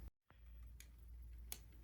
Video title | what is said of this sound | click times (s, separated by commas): HOMIFORCE 19.7" Low Profile Bladeless Ceiling Fan with Lights Review | You should hear them click into place when they go in. | 0.3 s, 0.8 s, 1.5 s